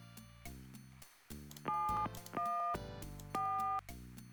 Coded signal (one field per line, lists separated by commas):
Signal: DTMF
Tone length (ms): 370 ms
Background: music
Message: 714